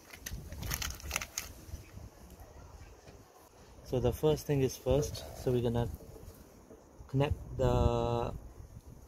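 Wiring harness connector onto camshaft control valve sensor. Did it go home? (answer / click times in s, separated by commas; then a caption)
no / none. With oily hands, someone handles the plastic wiring harness connector before pushing it onto a new like-for-like camshaft adjustment control valve sensor on a Toyota Yaris Vitz, replaced for fault code P1346. Brief sharp taps come between 0.3 and 1.4 seconds over faint outdoor background noise, then someone talks. The connector has not clicked or seated yet.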